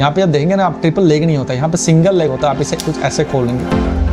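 Someone talks over background music while handling the single-leg folding base of an AGARO camera monopod, getting ready to unfold it. The base leg has not locked open yet, and no click is heard.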